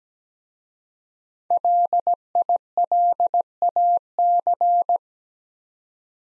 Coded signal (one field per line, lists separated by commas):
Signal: Morse code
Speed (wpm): 17 wpm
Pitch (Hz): 700 Hz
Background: none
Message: LILAC